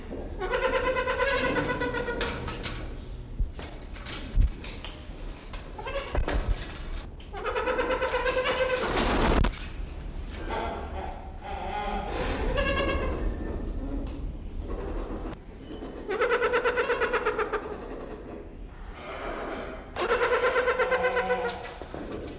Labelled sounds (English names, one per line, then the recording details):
Trumpeter Hornbill
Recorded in captivity
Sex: pair
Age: adult
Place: Zoo Berlin, Berlin, DE
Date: 1992-12-05 11:42
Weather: schwach sonnig, ca. 4°C
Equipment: Marantz CP 430, Sennheiser ME 80, Kopie Tesla B 116
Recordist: Tembrock, Günter